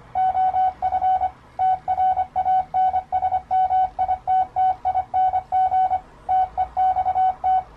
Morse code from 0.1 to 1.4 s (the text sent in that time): OF